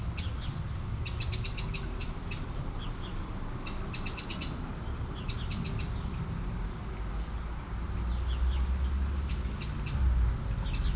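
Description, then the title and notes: Eurasian blackbird giving short clusters of dry ticking calls with one brief high thin note, separated by pauses, against a low steady rumble of running water. One blackbird by a small river in Aveize, France, 12 July 2017; recorded with a DPA-2006c pair in AB position on a MixPre-3. "69610 Aveize, France - Merle - Blackbird. 20170712-Merle et ruisseau. Bord de ruisseau, un merle, quelques mouches, des avions au loin"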